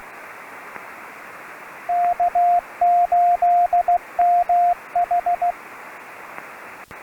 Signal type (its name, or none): Morse code